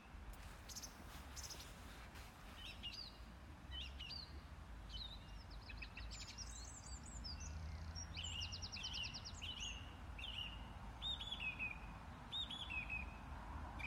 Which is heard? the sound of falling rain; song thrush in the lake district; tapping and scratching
song thrush in the lake district